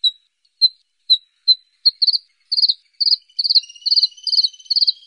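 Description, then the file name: Bluethroat song opening with slow, spaced single notes that speed into rapid doubled chirps over a thin, steady high tone. "blauwborst"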